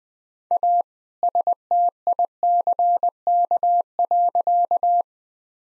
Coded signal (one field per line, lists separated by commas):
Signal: Morse code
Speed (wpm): 20 wpm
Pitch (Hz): 700 Hz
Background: none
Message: A STICK.